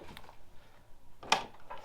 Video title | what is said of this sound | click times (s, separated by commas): Switching the Curtis Cab to Summer Mode and Checking Backhoe Compatibility | click it a second time and you're sealed. | 1.3 s